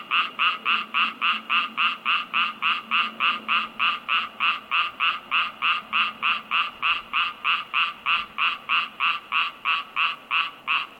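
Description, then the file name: Frog croaking in a fast, steady series of short rasping notes, about three per second, each note evenly spaced, continuing without pause throughout. In an unused swimming pool. "ANIMAL FROG UNUSED SWIMMING POOL"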